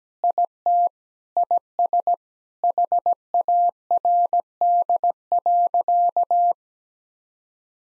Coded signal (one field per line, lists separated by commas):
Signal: Morse code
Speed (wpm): 17 wpm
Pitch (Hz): 700 Hz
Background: none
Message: IT IS HARD.